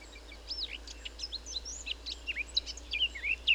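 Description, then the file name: Eurasian blackcap song: steady babbling warble of slurred high notes, growing louder and clearer toward the end. "Sylvia atricapilla"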